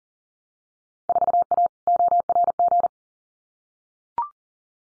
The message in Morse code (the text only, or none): 4A ORG